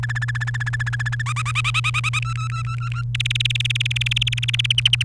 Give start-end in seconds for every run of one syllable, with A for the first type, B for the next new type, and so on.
0.03-1.22 A, 1.26-2.19 B, 2.22-3.02 C, 3.15-4.72 D, 4.78-5.03 E